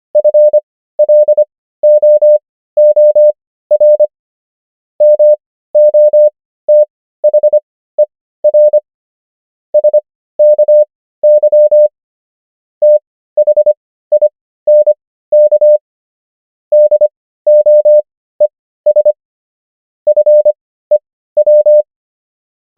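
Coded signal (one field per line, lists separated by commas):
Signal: Morse code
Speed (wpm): 25 wpm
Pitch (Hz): 600 Hz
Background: none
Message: FLOOR MOTHER SKY THINK DOES FEW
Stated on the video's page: Morse practice of the 500 most common English words, 25 wpm character speed with 15 wpm Farnsworth word speed.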